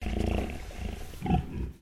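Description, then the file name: Pig grumbling, a continuous low rough grunting for nearly two seconds with a louder throaty swell near the end. Landrace breed pig, recorded indoors, grumbling. "ANIMAL PIG LANDRACE EDGAR INSIDE GRUMBLE"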